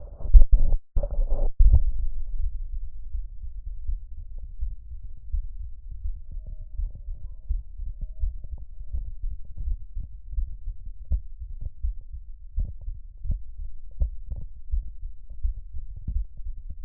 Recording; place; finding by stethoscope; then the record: heart sounds by stethoscope; tricuspid valve (TV); normal heart sounds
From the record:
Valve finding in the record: tricuspid regurgitation, grade 0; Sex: male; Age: 51 years